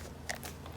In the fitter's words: whether you heard that or not, but that clicks.